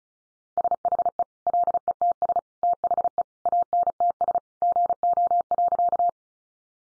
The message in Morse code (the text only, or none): SHE LETS THE ANTS GO.